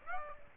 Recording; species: mosquito wingbeat signal from an infrared sensor; Aedes aegypti